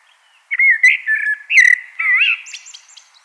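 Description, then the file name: Common blackbird delivering a rich fluted warble that slides up and down, closing with a series of thin, high squeaky notes. "Turdus merula"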